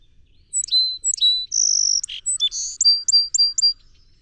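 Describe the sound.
Song sparrow song: two slurred notes, a long high buzz, a harsh note, then a short buzz and a few repeated high notes.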